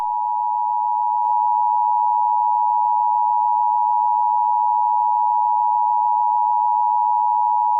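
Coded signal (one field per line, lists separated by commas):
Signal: Emergency Alert System (SAME) tones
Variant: 853 and 960 Hz attention tone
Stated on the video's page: Fictional EAS scenario, not a real alert.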